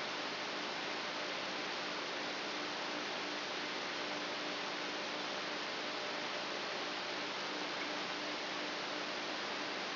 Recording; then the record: brain microelectrode recording played as sound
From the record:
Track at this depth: inside the subthalamic nucleus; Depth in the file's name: 8.137 mm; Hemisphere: left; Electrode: 3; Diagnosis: Parkinson's disease